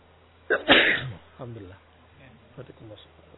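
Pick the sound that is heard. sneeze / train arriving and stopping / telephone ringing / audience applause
sneeze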